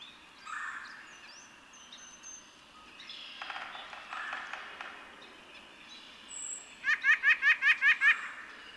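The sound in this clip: White-breasted Nuthatch singing a rapid burst of several nasal, buzzy notes at the close, preceded by fainter repeated notes and thin high whistles.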